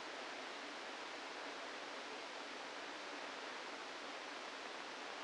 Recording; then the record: brain microelectrode recording played as sound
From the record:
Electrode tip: inside the subthalamic nucleus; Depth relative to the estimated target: 0 mm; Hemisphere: right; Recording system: NeuroSet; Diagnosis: Parkinson's disease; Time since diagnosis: 8 years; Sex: male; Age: 65 years